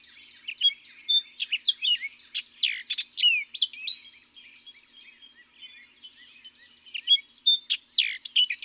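Orchard oriole song in several bursts of rapid, jumbled whistles and chatters, with softer high twittering underneath throughout.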